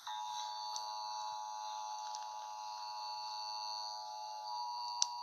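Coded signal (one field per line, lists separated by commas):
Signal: Emergency Alert System (SAME) tones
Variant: 853 and 960 Hz attention tone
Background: music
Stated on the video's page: Creepypasta fictional EAS scenario using valid EAS tones.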